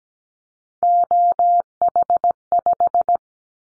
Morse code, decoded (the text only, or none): OH5